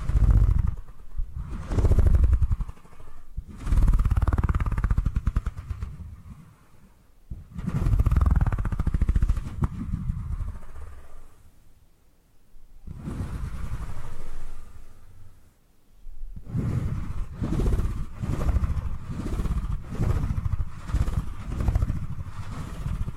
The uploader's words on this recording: ASMR Brain Tingly Purring Triggers for Sleep (No Talking).